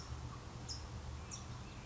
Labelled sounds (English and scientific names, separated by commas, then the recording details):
California Towhee (Melozone crissalis)
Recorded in Sonoma County, California